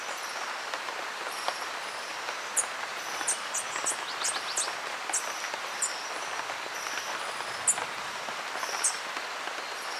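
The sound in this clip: Green honeycreeper calls: short, very high thin chips scattered throughout, some in quick clusters, over a steady rain-like hiss.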